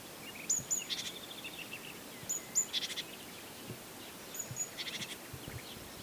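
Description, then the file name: Great tit calls: faint high notes followed by buzzy, rattling churr phrases, three bursts spaced about two seconds apart against constant hiss. "Parus major"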